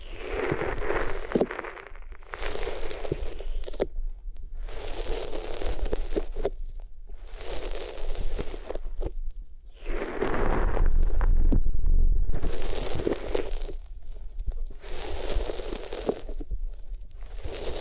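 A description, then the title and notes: Scratchy rubbing strokes sweep across the ears in a steady back-and-forth rhythm, about one pass every two seconds with brief quieter gaps between. The texture is crinkly and papery, and a dull low thumping creeps in around the middle. ASMR Sensitive Sleep Inducing Triggers Rubbing Your Ears on Different Materials (No Talking).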